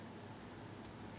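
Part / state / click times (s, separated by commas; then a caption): rear side window trim onto window clip / not seated / none. A rear side-window trim piece for a GX470 has been slid in and is being aligned onto its window clip before it is pushed in to click around the clip. Only a steady, low broadband hiss is heard, with no distinct sounds. Nothing has seated or clicked yet.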